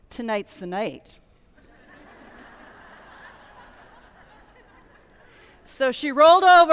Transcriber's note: laughter